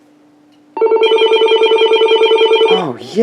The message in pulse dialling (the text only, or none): none